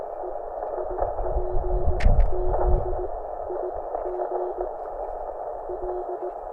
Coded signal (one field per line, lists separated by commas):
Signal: Morse code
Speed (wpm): 18 wpm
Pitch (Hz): 360 Hz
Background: radio noise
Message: E IPZIGL